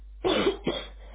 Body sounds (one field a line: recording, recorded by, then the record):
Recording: voluntary cough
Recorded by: telephone call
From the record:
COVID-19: positive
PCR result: self-reported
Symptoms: yes